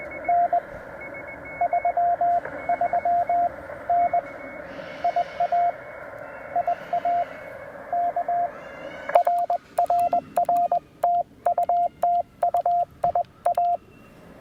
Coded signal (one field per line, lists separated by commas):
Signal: Morse code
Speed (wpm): 21 wpm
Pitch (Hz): 700 Hz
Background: radio noise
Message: N 33N IA IA K RRR TU TU IA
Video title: The Amazing Penntek TR-45L: A Quick POTA Activation if the HF Bands Cooperate!